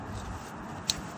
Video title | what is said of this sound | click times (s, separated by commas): How to replace water pump and thermostat on a 2009-2013 BMW 328i (E90 E91 E92 E93) | boom now it clicked in | 0.9 s